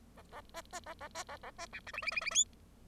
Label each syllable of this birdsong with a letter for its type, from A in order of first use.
A A B B A A B A A B C D E E E E F